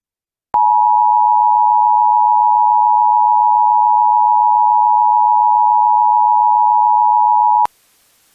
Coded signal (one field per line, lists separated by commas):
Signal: Emergency Alert System (SAME) tones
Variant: 853 and 960 Hz attention tone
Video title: EAS Scenario: A Trio of Disasters